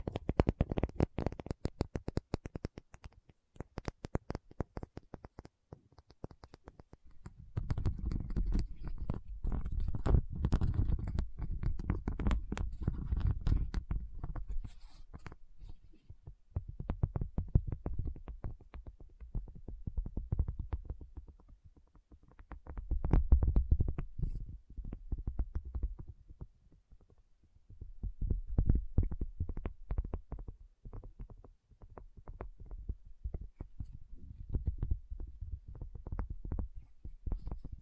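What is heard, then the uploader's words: Tapping sounds in quick, uneven bursts, with sharp clicks over a soft low thumping that swells and fades every few seconds throughout. Tapping Session (No Talking).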